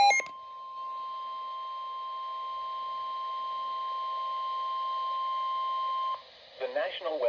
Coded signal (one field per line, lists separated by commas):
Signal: Emergency Alert System (SAME) tones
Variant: 1050 Hz attention tone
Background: speech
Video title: NOAA Weather Radio - EAS Doubleheader Flash Flood Warning & Tornado Warning [EAS #7-8] (9/1/21)